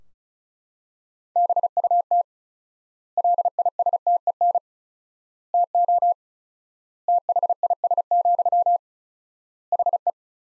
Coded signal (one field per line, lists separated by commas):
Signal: Morse code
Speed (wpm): 36 wpm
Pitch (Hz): 700 Hz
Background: none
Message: BUT LISTEN TO THIS, HE